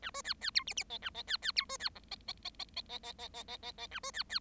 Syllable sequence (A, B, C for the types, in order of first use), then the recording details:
A B C C D E E F A F C C D B C G F F F F F F F F F F F F A B C C. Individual Bird7